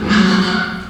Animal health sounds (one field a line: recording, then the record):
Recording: squeal of a Yucatan mini pig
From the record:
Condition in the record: after surgery on the right vocal fold (resection and tissue-engineered implant)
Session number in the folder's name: 16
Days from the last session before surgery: 183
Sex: female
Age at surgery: 19 weeks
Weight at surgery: 25 kg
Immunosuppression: prednisolone